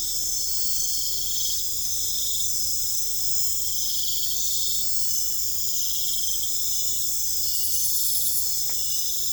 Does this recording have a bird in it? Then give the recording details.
no. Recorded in pastures near Puerto Asís, Putumayo, Colombia, on 20 December 2024 at 23:30. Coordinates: 0.496, -76.326. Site G004